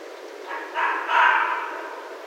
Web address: Red Fox 2012 01 15 Red Fox 01